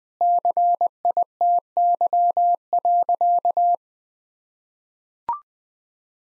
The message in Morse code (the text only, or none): CITY.